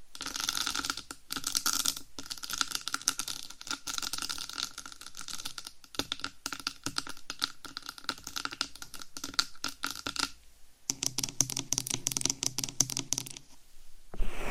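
Mic scratching and tapping run as a dense, busy stream of fast, irregular clicks and rubs, bright and crackly. A steady mid tone hums underneath until about ten seconds. Then comes a brief pause and a smoother, lower rubbing passage that stops just before the end.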